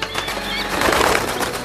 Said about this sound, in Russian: Да нет, птицы. Все птицы в стаи собираются. Вон-а. Гляди, прямо косяками улетают.